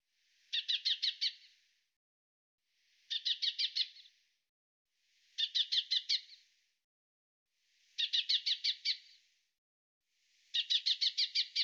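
Bird giving bursts of six or seven sharp, rapid chirps, each burst about a second long and repeated roughly every two and a half seconds, five bursts in all.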